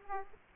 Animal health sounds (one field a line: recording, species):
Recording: mosquito wingbeat signal from an infrared sensor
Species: Aedes aegypti